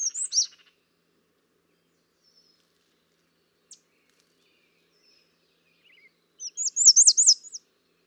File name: American Redstart